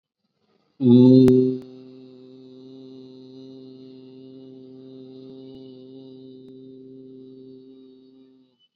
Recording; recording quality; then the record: sustained vowel as in boot; excellent, no background noise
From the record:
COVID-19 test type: RT-PCR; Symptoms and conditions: cough, fever, fatigue, muscle pain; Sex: male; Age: 21 years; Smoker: yes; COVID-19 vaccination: both doses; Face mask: worn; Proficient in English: yes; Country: India